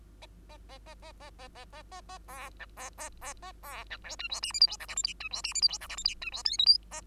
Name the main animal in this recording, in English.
Bengalese Finch